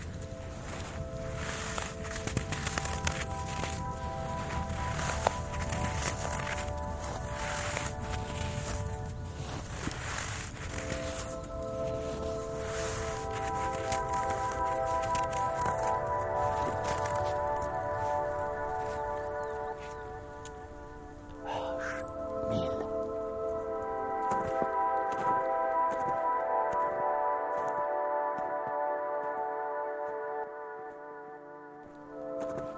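Mountain sounds open with a low, rumbling wash dotted with scattered taps and clicks. From about twelve seconds, layered ringing tones rise and hold steady, briefly thinning near twenty-one seconds before returning, while light clicks keep sounding to the end.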